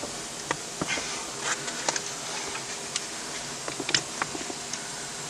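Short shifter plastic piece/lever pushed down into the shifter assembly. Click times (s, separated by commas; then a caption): 4.0 s. A short shifter plastic piece, fitted with an O-ring and a small plastic piece, is pushed down into the shifter assembly of a Ford Mustang Barton short shifter. Several light ticks are heard over a steady hiss, with the strongest click at 3.9 s as the piece seats. It clicks in so the shifter can go into reverse.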